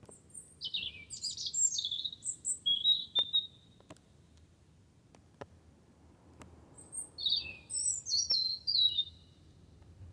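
Wren song in two bursts of rapid, high twittering notes separated by a quieter stretch with occasional faint clicks.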